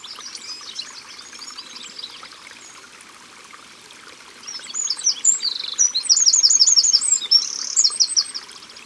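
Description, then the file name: Eurasian wren song, shrill and rapid, with trills and staccato notes building from about five seconds, over a steady soft water-like hiss and fainter notes before. Sung at the water's edge. "Troglodyte mignon Au bord de leau"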